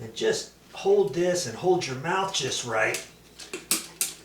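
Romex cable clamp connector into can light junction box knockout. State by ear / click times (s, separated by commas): seated / 3.7 s, 4.0 s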